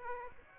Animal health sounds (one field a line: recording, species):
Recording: mosquito wingbeat signal from an infrared sensor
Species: Aedes aegypti